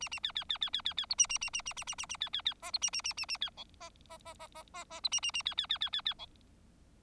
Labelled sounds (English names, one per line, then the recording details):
Bengalese Finch song
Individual Bird4